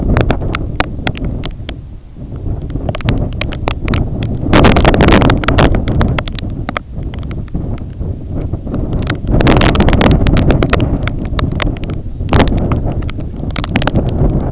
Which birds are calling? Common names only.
none